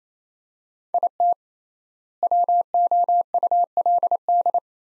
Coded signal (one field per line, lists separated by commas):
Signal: Morse code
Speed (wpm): 28 wpm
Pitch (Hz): 700 Hz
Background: none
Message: IT WOULD